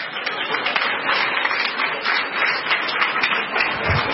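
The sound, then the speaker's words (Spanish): A church audience applauding the Lord after a prayer, a dense, steady wash of many hands clapping at once, sustained and fairly loud throughout with no pauses. “Dele aplauso al Señor.”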